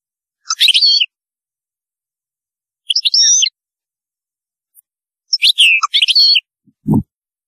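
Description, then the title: European goldfinch song: three tinkling, twittering phrases with slurred high notes, then a brief low thump at the very end. "Chant Chardonneret"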